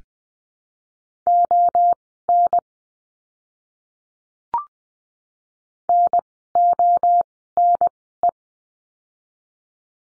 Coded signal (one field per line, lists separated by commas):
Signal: Morse code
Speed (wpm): 20 wpm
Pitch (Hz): 700 Hz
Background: none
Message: ON NONE